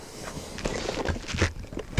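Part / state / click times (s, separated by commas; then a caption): child car seat ISOFIX connector into vehicle ISOFIX anchor / not seated / none. The metal ISOFIX connector of a Joie Spin 360 child car seat is handled toward the car's ISOFIX anchor, with soft rustling and short knocks, the sharpest at about 0.7 s and 1.1 s. The clip ends before the connector goes home, so nothing has seated or clicked yet.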